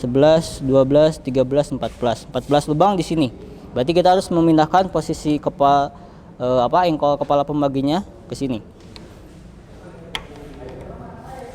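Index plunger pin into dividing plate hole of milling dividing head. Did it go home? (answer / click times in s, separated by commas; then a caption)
yes / 10.1 s. Someone talks while turning the dividing head crank on a milling machine to the next hole position on the dividing plate, then the talk stops and a low background hum remains. At 10.2 s a sharp hit sounds as the spring-loaded index plunger pin drops into the dividing plate hole and locks, seating it before the machine is switched back on.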